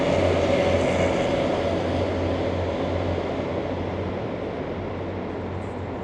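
Platform 9 ambience at Gare de Namur station in Namur, Wallonia, Belgium: a steady, dense mechanical rumble with a deep droning hum and a faint sustained whine, easing slightly in loudness toward the end, with no clear voices.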